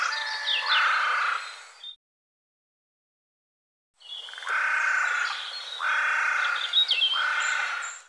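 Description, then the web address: Bird calls: harsh, nasal notes repeated in roughly one-second blocks, broken by a short silence. "cianscape birddata Deverinetal 2025 File cleaned normalized Bird"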